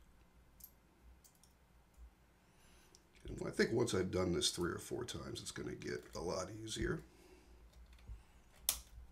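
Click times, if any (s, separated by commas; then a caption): 8.7 s. During tool-less reassembly of an Avian Knives Atlas folding knife, a tool-less disassembly component is pushed into the frame while someone talks, with a few faint ticks beforehand. At 8.7 s it snaps home with one sharp, loud click, confirming the component is seated.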